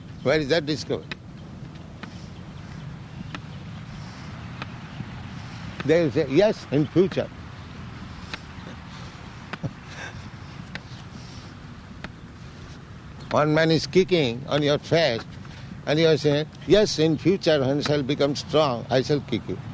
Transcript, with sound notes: Where is that discovery? They will say, "Yes, in future." [chuckles] One man is kicking on your face, and you are saying, "Yes, in future, when I shall become strong, I shall kick you."